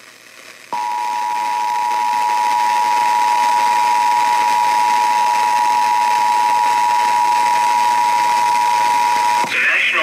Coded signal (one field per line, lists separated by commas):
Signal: Emergency Alert System (SAME) tones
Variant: 853 and 960 Hz attention tone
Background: speech